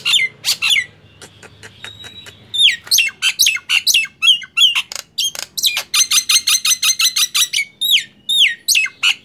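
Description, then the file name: Nias hill myna singing scattered whistles and squawks, then a quick regular run of ringing notes. "suara jalak nias"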